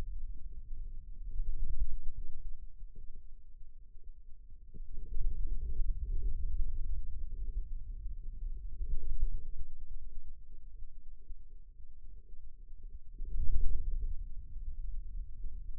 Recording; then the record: forearm muscle sounds (acoustic myography)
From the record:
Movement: radial deviation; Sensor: system 2, bracelet of six BSWA MPA416 microphones around the upper forearm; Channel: 2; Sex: male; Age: 22 years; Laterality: right